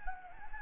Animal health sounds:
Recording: mosquito wingbeat signal from an infrared sensor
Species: Anopheles gambiae

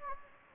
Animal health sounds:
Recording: mosquito wingbeat signal from an infrared sensor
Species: Anopheles gambiae

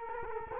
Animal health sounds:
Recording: mosquito wingbeat signal from an infrared sensor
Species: Culex quinquefasciatus

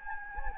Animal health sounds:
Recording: mosquito wingbeat signal from an infrared sensor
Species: Anopheles gambiae

